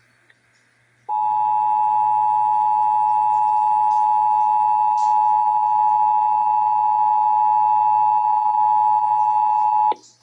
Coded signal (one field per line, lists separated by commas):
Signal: Emergency Alert System (SAME) tones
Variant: 853 and 960 Hz attention tone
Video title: (EAS #959-965) November 2025 Texas Required Monthly Test